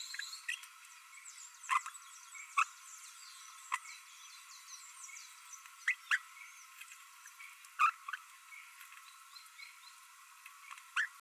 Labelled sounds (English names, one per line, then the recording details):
Green-rumped Parrotlet babbling
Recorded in a nest box in Venezuela
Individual 18B12A1